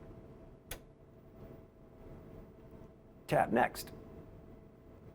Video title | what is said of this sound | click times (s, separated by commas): Loading i75 Series Materials - i7500 Industrial Label Printer - Peel Model | close the peel door until it snaps into place. | 0.7 s